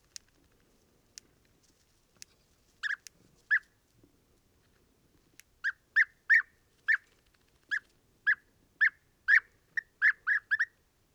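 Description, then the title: European bee-eater calls, rolling trilled notes repeated in an irregular series, becoming faster and more frequent in the second half, with a few sharp clicks early on. Pre-migration gathering at an evening roost in a very large acacia, recorded in the evening and at morning waking, Oasis Mayateg, Adrar, Mauritania, 22 February 2019, Tlp7 and MixPre 3. "Dortoir de Guêpier d'Europe - Mauritanie"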